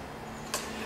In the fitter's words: so this just installs real easily latch right into there it kind of locks into place